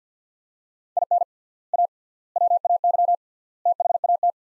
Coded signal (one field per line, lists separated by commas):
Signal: Morse code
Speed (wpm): 50 wpm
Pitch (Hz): 700 Hz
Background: none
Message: IN A WAY THAT